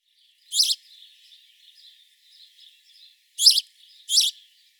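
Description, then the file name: House sparrow chirps, three harsh loud chirps, the last two close together, over soft faint twittering. "Passer domesticus"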